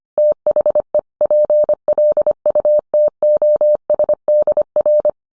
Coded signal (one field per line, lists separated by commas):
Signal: Morse code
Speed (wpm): 25 wpm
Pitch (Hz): 600 Hz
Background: none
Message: THE PLUTOSDR